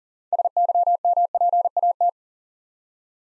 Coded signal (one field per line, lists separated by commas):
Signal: Morse code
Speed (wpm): 38 wpm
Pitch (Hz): 700 Hz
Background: none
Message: SYMPAT